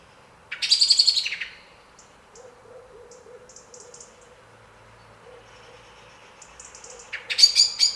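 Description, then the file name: Common blackbird giving two loud, harsh rattling chatters, one at the start and one at the end, with faint high notes between. "Turdus merula"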